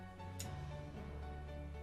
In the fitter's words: hear that click it's